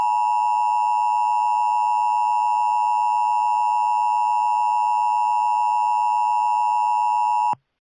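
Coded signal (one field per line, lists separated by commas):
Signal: Emergency Alert System (SAME) tones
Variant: 853 and 960 Hz attention tone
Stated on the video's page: Mock EAS scenario with simulated alert tones.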